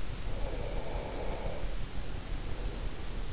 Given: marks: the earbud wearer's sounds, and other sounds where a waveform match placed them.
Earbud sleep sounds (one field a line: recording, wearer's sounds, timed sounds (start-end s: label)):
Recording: sounds in sleep by an in-ear microphone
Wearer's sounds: breath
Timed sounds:
0.10-3.30 s: breath